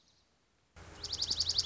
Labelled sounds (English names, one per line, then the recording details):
Dark-eyed Junco
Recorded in Sonoma County, California